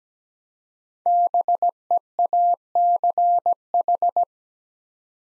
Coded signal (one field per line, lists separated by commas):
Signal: Morse code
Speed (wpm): 17 wpm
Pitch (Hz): 700 Hz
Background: none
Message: BEACH